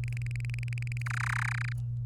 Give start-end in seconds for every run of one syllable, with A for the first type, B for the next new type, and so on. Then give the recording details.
0.04-1.02 A, 1.06-1.73 B. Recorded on 24 April 2018 at 12:13. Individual llb3